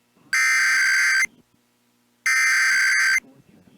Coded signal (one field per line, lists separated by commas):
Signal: Emergency Alert System (SAME) tones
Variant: header bursts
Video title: EAS Required Monthly Test Minnesota Statewide Test SeaTTY (MPR/KNOW, KS95/KSTP-FM, And KTCZ)